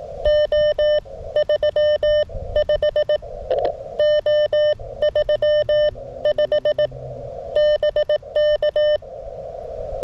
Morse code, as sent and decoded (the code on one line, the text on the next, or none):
--- ...-- ..... / --- ...-- ..... / -... -.-
O35 O35 BK